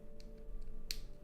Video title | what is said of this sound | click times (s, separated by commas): Retro Builds Harry Potter LEGO! - The Black Lake | one and oh now that was a satisfying snap ladies and gentlemen | 0.9 s